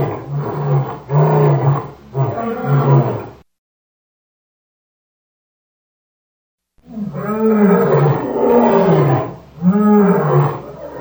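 Lion giving three short, deep grunting roars, then silence for about three seconds before a longer series of rich, rolling roars.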